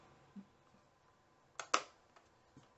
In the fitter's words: There. You can feel it sort of snap in